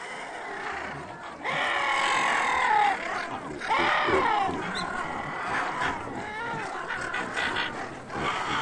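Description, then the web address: Waterfowl calling: a dense clamour of overlapping harsh calls in loud bursts over a continuous noisy background. At feeding time. "Water Foul At Feeding time"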